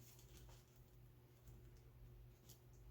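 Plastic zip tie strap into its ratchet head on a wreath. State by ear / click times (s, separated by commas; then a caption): not seated / none. A plastic zip tie strap is worked through its ratchet head around the mesh of a wreath, giving soft, faint rustling and scratchy patter over a steady low hum. No click is heard, and the zip tie has not clicked yet.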